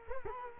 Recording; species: mosquito wingbeat signal from an infrared sensor; Culex quinquefasciatus